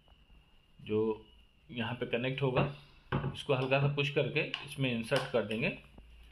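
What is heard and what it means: Brass end of the high-pressure hose on an Ingco pressure washer being handled at the spray gun inlet, to be pushed in lightly until it locks. Someone talks over faint handling noise. Nothing has seated or clicked yet in this clip.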